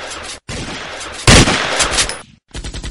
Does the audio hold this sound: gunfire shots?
yes